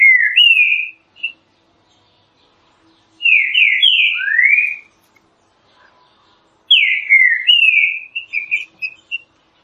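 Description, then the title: Green-winged saltator song: loud whistled phrases of slurred, falling and rising notes, delivered in bursts separated by pauses of a couple of seconds. Classic song style used for training. "Canto Clássico Trinca Ferro TREINAMENTO"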